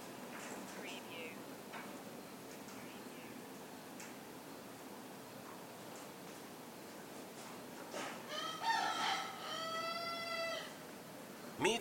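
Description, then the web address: Rooster crowing near the end, one harsh crow after a stretch of faint calls over steady background noise, with a brief sound at the very end. Morning cockcrows. "the sound pack tree. morning with cockcrows"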